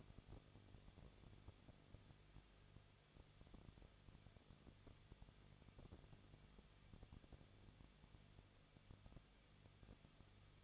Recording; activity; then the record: daily activity, microphone in the room; no activity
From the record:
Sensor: 4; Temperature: 23.0 degrees Celsius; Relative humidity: 34.3%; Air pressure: 1007.3 hPa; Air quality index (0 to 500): 217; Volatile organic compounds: 15 ppm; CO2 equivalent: 2515 ppm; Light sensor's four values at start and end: 2/3/1/1 and 2/3/1/1